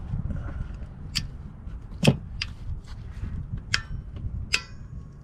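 A click-type torque wrench set to 29 ft-lb tightens the oil drain plug on the oil pan of a 2011–2017 Honda Odyssey. Several sharp ticks sound over a low rumble near 1.2, 2.1 and 4.5 s, and the wrench breaks over with its loudest, sharpest click at 3.7 s. The plug is confirmed tightened to 29 ft-lb.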